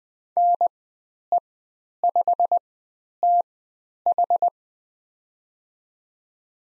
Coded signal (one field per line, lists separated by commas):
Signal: Morse code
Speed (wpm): 20 wpm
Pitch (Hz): 700 Hz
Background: none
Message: NE5TH